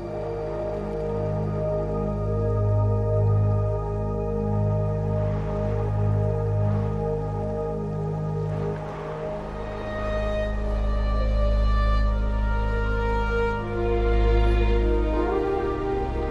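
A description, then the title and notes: Slow ambient music of steady low drones and sustained tones, with notes shifting around the tenth second and soft airy swells drifting through. Snowy Forest - Ambience and Ambient Music. The soothing sounds of a wind-swept snowy forest, with ambient sounds and beautiful ambient music.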